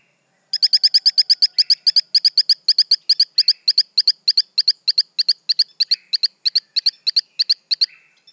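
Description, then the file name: Torrent frog calling: a fast series of high, sharp chirps, many in pairs, repeated several times a second for over seven seconds, with faint buzzy notes underneath. "Hylodes phyllodes"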